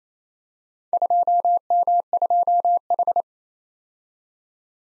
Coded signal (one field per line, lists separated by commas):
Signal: Morse code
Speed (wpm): 29 wpm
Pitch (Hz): 700 Hz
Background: none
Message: 2M2H